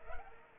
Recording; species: mosquito wingbeat signal from an infrared sensor; Culex pipiens